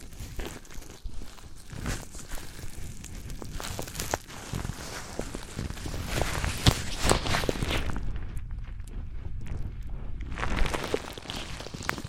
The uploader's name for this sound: Wood vs Cork, Sponge vs Foam, Glass vs Plastic